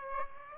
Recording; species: mosquito wingbeat signal from an infrared sensor; Aedes aegypti